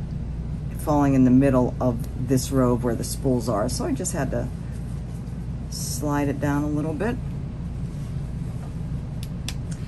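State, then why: Seated. A sharp snap at 9.5 s rises clearly over road rumble, marking the closure clicking shut.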